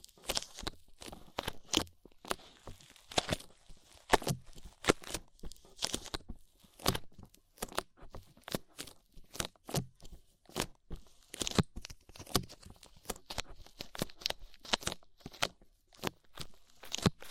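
Ear cleaning with rhinestone and clay removal: a steady stream of short, sharp crackles, scrapes and crunchy peeling sounds, tightly packed and irregular from start to finish. Many bursts are bright and hissy, some deeper and thumping, with brief quiet gaps between clusters.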